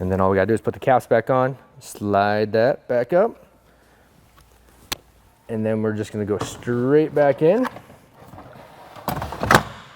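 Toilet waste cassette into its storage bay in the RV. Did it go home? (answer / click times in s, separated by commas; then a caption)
yes / 9.1 s, 9.5 s. Someone talks about sliding an RV's black-tank toilet waste cassette straight back into its storage bay in a 2020 Winnebago Revel. A burst of scraping and sliding follows, and the cassette clicks and latches into place at 9.1 s and 9.6 s.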